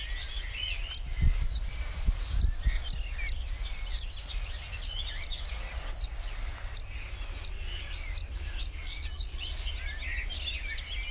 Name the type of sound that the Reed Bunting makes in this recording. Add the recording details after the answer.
song. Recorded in the wild. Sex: male. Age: adult. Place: Lübars (Fließtal), Berlin, DE. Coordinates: 52.6167, 13.35. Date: 1999-06-13 13:26. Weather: heiter, 22°C. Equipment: Sony WM-D6C, Sennheiser ME 80, Kopie Uher 4000 Report Monitor. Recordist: Tembrock, Günter